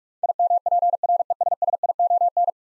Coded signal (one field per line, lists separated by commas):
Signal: Morse code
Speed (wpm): 46 wpm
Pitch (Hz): 700 Hz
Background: none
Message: IMPRESSION